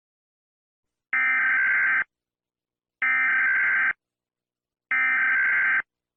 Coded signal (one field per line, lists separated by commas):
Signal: Emergency Alert System (SAME) tones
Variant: header bursts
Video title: rating EAS alarms for the first time